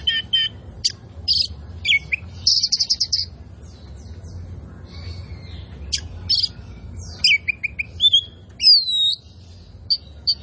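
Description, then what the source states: Oriental magpie-robin: scattered sharp notes, a harsh buzzy burst, quieter gaps, then looping whistled slurs rising and falling near the end. Indonesian "kacer poci" form of the Oriental magpie-robin, described as "gacor", meaning singing vigorously and continuously.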